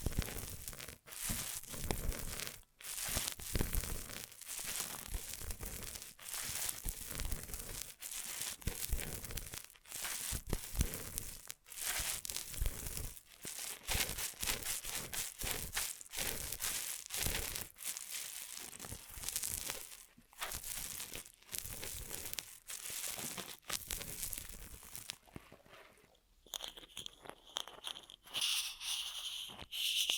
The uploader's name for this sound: Ear Massage Triggers